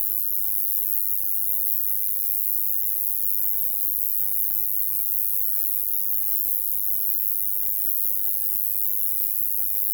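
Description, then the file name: Bush-cricket producing a constant high, shrill buzz without pauses, level and unchanging throughout. "Metrioptera roesselii"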